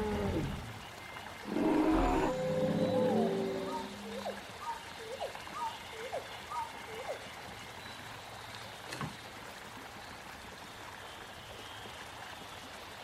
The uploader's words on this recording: Jurassic world ambience |prehistoric forest | dinosaur sounds.